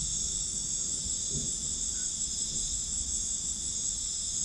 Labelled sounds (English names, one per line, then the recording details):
none
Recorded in pastures near Puerto Asís, Putumayo, Colombia, on 13 March 2025 at 21:30
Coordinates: 0.505, -76.324
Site GP08